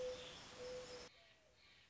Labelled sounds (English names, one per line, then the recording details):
Mourning Dove
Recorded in Sonoma County, California